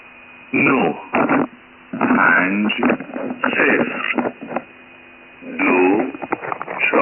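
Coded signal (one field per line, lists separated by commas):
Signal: numbers station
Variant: V32, Farsi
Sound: short bursts of a voice in a foreign language over a narrow shortwave channel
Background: radio static, hum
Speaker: Next I want to circle back to 7842 and let's take a listen to what I intercept.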